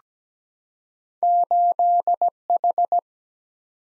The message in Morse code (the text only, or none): 8 H